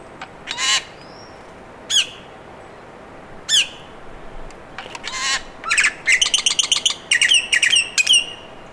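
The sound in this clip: Bird calls: short harsh squawks at first, then a quick run of repeated chirpy notes near the end, over a steady background hiss.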